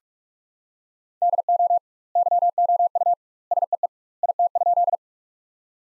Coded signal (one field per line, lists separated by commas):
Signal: Morse code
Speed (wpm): 46 wpm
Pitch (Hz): 700 Hz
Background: none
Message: DO YOU SEE IT?